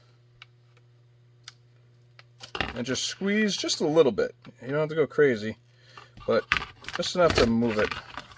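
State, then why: Not seated. A rubber belt-strap clip is handled against a Kydex IWB holster shell while being squeezed with Robo Grip pliers, giving a few faint ticks over a steady low hum before someone talks. The clip has not snapped on or seated yet.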